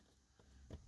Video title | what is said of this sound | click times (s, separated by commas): Changing the Cabin Filter in 2016 Ford F-150 | those go in, and then we just push that until it clicks shut. | 0.7 s